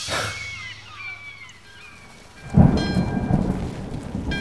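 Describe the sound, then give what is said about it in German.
Steady rain patters throughout while a deep, heavy rumble of thunder swells in partway through and rolls on, loud and low, to the end, on a cloudy late-August thunderstorm day at the cemetery of Verona. “An einem bewölkten Gewittertag Ende August wurde der Sarg mit Massiminas Leichnam in die Familiengruft der Trevisans auf dem Friedhof von Verona gebracht.”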